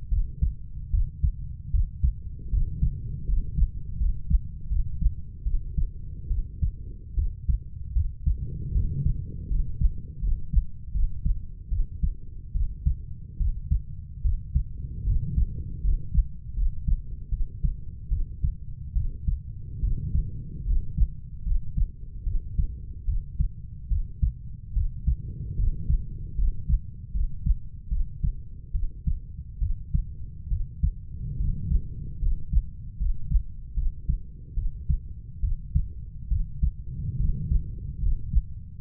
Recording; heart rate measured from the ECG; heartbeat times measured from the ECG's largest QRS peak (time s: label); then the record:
heart sounds by stethoscope; 74 bpm
0.10 s: heartbeat
0.91 s: heartbeat
1.72 s: heartbeat
2.51 s: heartbeat
3.27 s: heartbeat
3.98 s: heartbeat
4.69 s: heartbeat
5.44 s: heartbeat
6.29 s: heartbeat
7.15 s: heartbeat
7.94 s: heartbeat
8.73 s: heartbeat
9.49 s: heartbeat
10.21 s: heartbeat
10.93 s: heartbeat
11.70 s: heartbeat
12.53 s: heartbeat
13.38 s: heartbeat
14.23 s: heartbeat
15.05 s: heartbeat
15.82 s: heartbeat
16.55 s: heartbeat
17.30 s: heartbeat
18.09 s: heartbeat
18.94 s: heartbeat
19.81 s: heartbeat
20.65 s: heartbeat
21.44 s: heartbeat
22.24 s: heartbeat
23.06 s: heartbeat
23.89 s: heartbeat
24.74 s: heartbeat
25.57 s: heartbeat
26.36 s: heartbeat
27.13 s: heartbeat
27.89 s: heartbeat
28.72 s: heartbeat
29.60 s: heartbeat
30.49 s: heartbeat
31.37 s: heartbeat
32.20 s: heartbeat
32.98 s: heartbeat
33.75 s: heartbeat
34.55 s: heartbeat
35.41 s: heartbeat
36.29 s: heartbeat
37.18 s: heartbeat
38.00 s: heartbeat
38.79 s: heartbeat
From the record:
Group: healthy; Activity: rest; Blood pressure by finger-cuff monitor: 137/57 mmHg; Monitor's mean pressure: 80 mmHg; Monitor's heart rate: 75 bpm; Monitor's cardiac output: 9.1 L/min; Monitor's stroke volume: 120 mL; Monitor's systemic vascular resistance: 650 dyn s/cm5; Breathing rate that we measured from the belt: 10 breaths a minute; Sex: female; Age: 32 years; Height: 168 cm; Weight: 61.9 kg